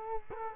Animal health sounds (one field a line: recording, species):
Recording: mosquito wingbeat signal from an infrared sensor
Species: Culex quinquefasciatus